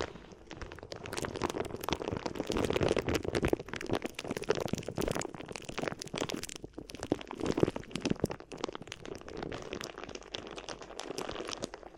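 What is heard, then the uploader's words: Crinkly ear massage with dense, rapid crackling and rustling throughout, occasional sharper crinkles, and a soft lower rubbing beneath. ASMR Addictive Crinkly Ear Massage (No Talking).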